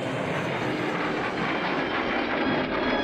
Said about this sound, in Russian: Слышишь? Друзья задирают головы к летящему самолету.